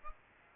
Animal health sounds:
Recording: mosquito wingbeat signal from an infrared sensor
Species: Aedes aegypti

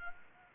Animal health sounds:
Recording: mosquito wingbeat signal from an infrared sensor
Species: Anopheles arabiensis

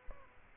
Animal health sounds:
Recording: mosquito wingbeat signal from an infrared sensor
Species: Aedes albopictus

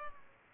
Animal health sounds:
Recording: mosquito wingbeat signal from an infrared sensor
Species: Culex pipiens

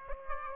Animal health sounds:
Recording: mosquito wingbeat signal from an infrared sensor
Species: Aedes aegypti

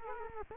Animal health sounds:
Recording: mosquito wingbeat signal from an infrared sensor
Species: Culex quinquefasciatus

